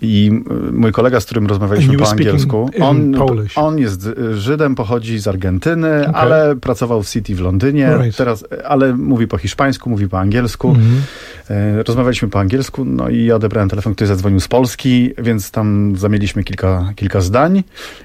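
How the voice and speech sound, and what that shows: Adult male speaker talking in Polish on radio, with normal speech.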